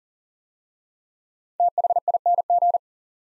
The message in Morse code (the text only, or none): THING